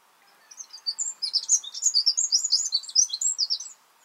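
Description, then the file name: Eurasian wren pouring out a fast, high, rattling and tinkling strophe of about three seconds, notes tumbling rapidly one after another. "Troglodytes troglodytes"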